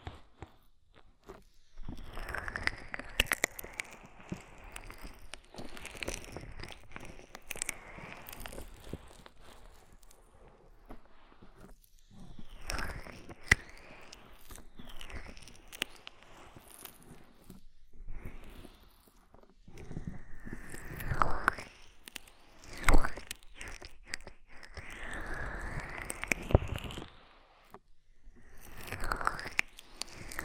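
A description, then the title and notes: Ear massage with oil and foam: wet, squishy rubbing and crackly friction come in bursts, with bright swishing sweeps that rise and fall every few seconds. Quieter gaps break the sound around 2, 10 and 18 seconds, and louder thick squelches cluster near 21 to 27 seconds. ASMR Oil, Foam and Tingly Ear Massage.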